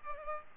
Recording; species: mosquito wingbeat signal from an infrared sensor; Culex pipiens